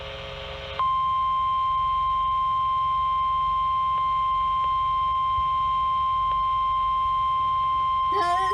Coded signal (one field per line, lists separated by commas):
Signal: Emergency Alert System (SAME) tones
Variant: 1050 Hz attention tone